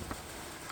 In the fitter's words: szczerze powiem że tak średnio zaskoczyło próbuję